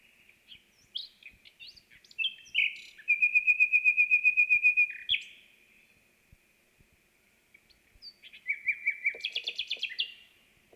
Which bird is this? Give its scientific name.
Luscinia megarhynchos